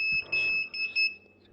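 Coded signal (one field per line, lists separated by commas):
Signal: alarm pattern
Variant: Hikvision DVR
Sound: continuous high-pitched electronic beep, briefly broken, fading out after about one second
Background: man talking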